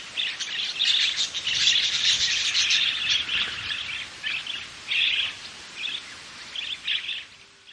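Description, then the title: Bird singing a dense, scratchy twitter that runs continuously at first, then breaks into shorter chattering bursts. "LuckyPassaro Completos2Sama"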